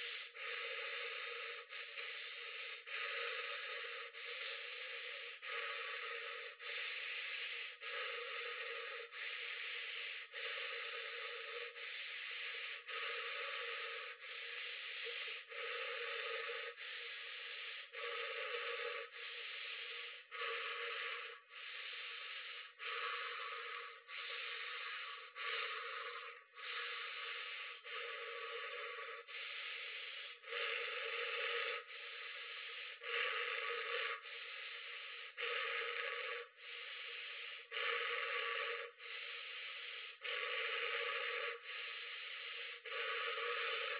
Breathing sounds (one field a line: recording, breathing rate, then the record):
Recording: paced breathing near a phone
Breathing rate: 24 breaths a minute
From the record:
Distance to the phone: 40 cm